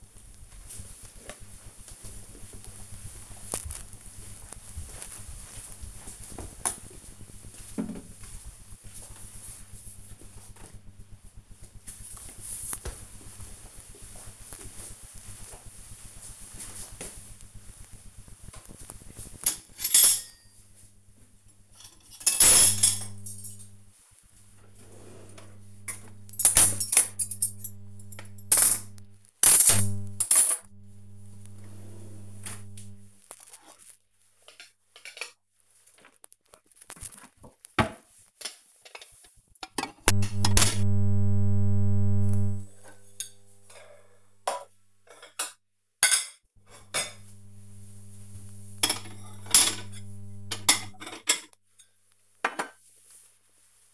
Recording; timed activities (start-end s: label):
household activities, microphone on the right wrist
18.12-53.94 s: putting away the dishes